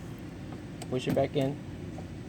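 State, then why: Not seated. While reassembling a 2003 G35 sedan after a low-beam headlight bulb change, a plastic push-type retaining clip is closed and pushed back into its hole in the headlight-area trim panel, as someone talks over a steady low hum. The clip has not seated or clicked yet; the part is not home.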